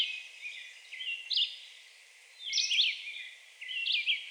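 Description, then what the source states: Red-eyed Vireo song, short high warbled phrases given in separate bursts with pauses between, over a soft steady background hiss. Recorded 2 June 2020.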